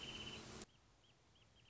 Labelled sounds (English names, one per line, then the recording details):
Wrentit
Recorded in Sonoma County, California